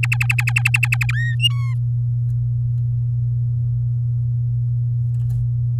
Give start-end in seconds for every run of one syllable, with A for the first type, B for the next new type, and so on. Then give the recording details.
0.03-1.11 A, 1.13-1.35 B, 1.39-1.73 C. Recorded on 8 May 2018 at 15:43. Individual llb16